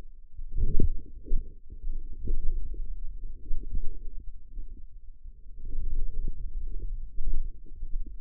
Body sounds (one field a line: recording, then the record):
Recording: forearm muscle sounds (acoustic myography)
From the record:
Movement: hand opening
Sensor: system 2, bracelet of six BSWA MPA416 microphones around the upper forearm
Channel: 5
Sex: male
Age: 22 years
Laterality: right